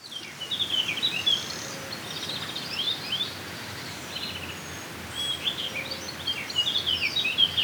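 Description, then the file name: Eurasian blackcap delivering short, high, twittering warbled phrases in bursts separated by brief pauses, with constant background noise. "Sylvia atricapilla"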